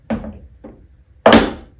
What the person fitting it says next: that clicks into place